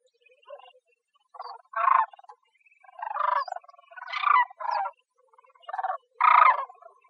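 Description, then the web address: Bird giving harsh, raspy squawks in short irregular bursts separated by brief pauses. Costa Rica. "birdvocals CR SACR 1 A 021106"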